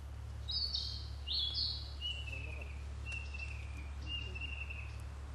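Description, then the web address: Narcissus flycatcher singing: two sharp, high whistled phrases, then a run of lower, drawn-out slurred whistles repeated about once a second, over a constant low background hum. Recorded on 18 June 2006. "kansatu 060618 20060618 kibitaki"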